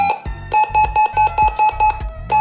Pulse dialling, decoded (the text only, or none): none